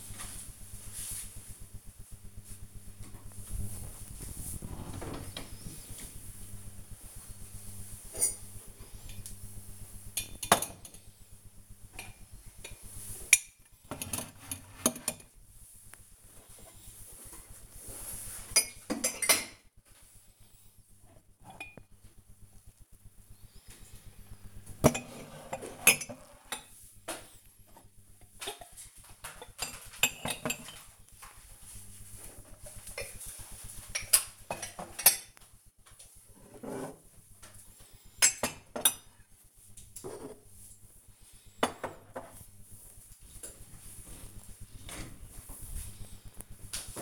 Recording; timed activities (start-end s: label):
household activities, microphone on the right wrist
2.34-44.70 s: putting away the dishes